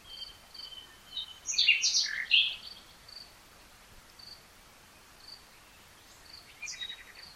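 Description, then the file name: Common nightingale gives one loud, jumbled phrase of chirps and whistles, with faint, scattered high notes before and after. "Luscinia megarhynchos"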